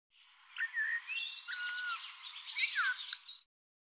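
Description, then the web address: Bird vocalizing in a dense, jumbled stream of chirps, twitters and sliding whistles for about three seconds. "cianscape birddata Deverinetal 2025 Bird Tu Me Tu Me"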